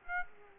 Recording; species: mosquito wingbeat signal from an infrared sensor; Aedes aegypti